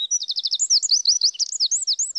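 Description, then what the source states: Eurasian wren singing a very fast, high-pitched run of sharp notes, with no other sounds. Sings very well.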